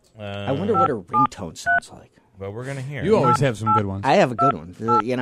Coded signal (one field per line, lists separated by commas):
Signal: DTMF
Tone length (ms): 140 ms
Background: speech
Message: 573 8828